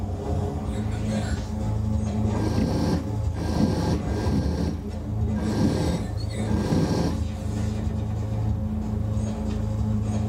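A shaker motor hums with a steady low drone and a fixed pitch that runs through all ten seconds. Between about two and seven seconds, rougher rattling and buzzing bursts thicken the sound, then the plain hum returns.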